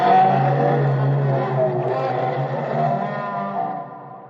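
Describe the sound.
A voice imitates whale speech, stretching out a long, low, wavering moan for about four seconds. It stays steady and fairly loud before tapering off at the end.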